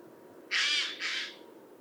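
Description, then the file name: Eurasian jay uttering a single rasping screech that breaks into two parts, the first longer and louder than the second. "Garrulus glandarius"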